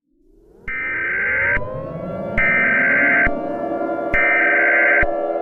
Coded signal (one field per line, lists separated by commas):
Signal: Emergency Alert System (SAME) tones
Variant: header bursts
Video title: (EAS Scenario #2) Nuclear Mayhem